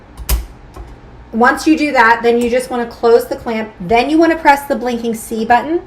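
After the scoring tool is removed, a pen is pushed down into clamp A of a Cricut cutting machine's tool carriage and clicks into place with a single sharp hit at 0.3 s, seating the pen. Someone then talks.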